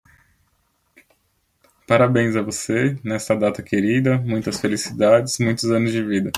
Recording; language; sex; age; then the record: short text; Brazilian Portuguese; male; 30 to 39 years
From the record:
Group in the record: control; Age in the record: 30 years